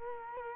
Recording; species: mosquito wingbeat signal from an infrared sensor; Culex quinquefasciatus